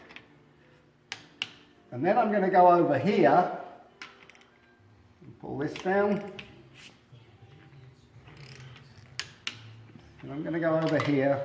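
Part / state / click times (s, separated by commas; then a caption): torque wrench on cylinder head bolt of engine / torque reached / 9.2 s, 9.5 s. A torque wrench, still set to 30 lb·ft, is pulled on the next cylinder head bolt of a Silver Cloud 3 engine during a rebuild, while someone talks. Light ratcheting comes first, then the wrench gives a sharp double click at 9.2 s and 9.5 s, reaching its torque setting.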